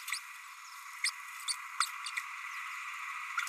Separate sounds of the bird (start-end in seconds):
0.12-0.19, 1.03-1.10, 1.48-1.54, 1.80-1.86, 2.06-2.10